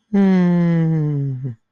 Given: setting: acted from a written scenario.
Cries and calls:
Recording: vocal sound without words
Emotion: contentment

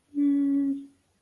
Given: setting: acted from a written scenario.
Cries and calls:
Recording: vocal sound without words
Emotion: romantic love

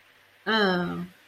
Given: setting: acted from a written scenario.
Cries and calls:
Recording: vocal sound without words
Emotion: disappointment

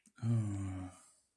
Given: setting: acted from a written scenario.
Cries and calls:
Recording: vocal sound without words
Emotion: guilt

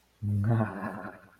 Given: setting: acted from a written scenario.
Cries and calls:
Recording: vocal sound without words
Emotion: ecstasy

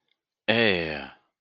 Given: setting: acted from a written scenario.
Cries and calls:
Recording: vocal sound without words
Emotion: shame

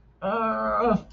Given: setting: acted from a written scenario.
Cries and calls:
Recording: vocal sound without words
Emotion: embarrassment

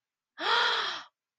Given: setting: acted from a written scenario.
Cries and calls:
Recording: vocal sound without words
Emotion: awe

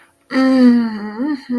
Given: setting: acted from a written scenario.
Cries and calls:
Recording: vocal sound without words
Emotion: ecstasy

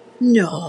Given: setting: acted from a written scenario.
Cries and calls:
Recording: vocal sound without words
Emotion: anger

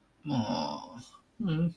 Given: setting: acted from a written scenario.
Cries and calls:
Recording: vocal sound without words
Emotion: sympathy

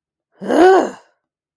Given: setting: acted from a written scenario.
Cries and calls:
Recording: vocal sound without words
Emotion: anger

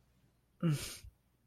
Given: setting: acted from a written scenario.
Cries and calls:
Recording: vocal sound without words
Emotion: shame

